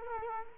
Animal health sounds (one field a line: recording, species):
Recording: mosquito wingbeat signal from an infrared sensor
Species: Culex quinquefasciatus